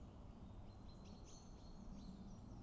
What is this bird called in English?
Common Chaffinch